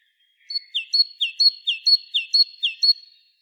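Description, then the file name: Great tit singing a ringing two-note phrase of a sharp high note and a falling lower one, repeated about five times at a brisk, even pace. "Parus major"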